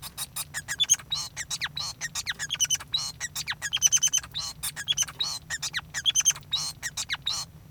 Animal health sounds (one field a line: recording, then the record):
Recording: song of a male Bengalese finch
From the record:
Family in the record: son of father 5